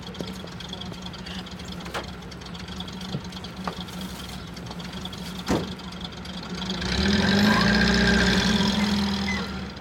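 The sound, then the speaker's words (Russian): A car engine idles with a steady low hum, broken by a few sharp clicks, as a man gets into the car followed by his wife; it then revs up louder and rougher toward the end. No one speaks. “Отец садится в машину, а за ним жена.”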